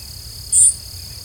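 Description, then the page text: Lincoln's sparrow giving a single short, very high note, with a steady high insect-like hum behind it. Diurnal flight call of a perched bird in Texas. "Lincoln's Sparrow diurnal flight calls Fig.2. Texas December 19, 2001 (WRE)"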